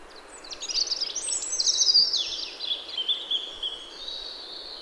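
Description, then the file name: European robin song: a flowing run of high liquid warbles and thin whistles that drifts downward, sounding over steady background hiss. "Erithacus rubecula"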